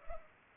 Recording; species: mosquito wingbeat signal from an infrared sensor; Culex pipiens